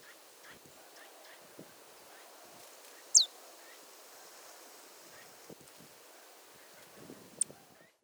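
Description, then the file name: Marsh tit call: a single sharp note sweeping steeply downward, then a brief high tick near the end, over faint background rustle. "Poecile palustris"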